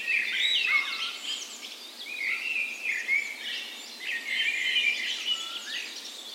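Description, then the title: Birds: dawn chorus of several birds, bursts of twittering and whistled notes, layered high chirps throughout. Dawn chorus in a park west in Bergen, Norway, on the morning of 17 May, Norway's National Day, in spring; recorded with Sony PCM A10 and LOM micro Usi mics as tree ears. "17th Of May Dawn Chorus"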